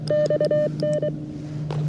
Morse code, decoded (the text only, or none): XN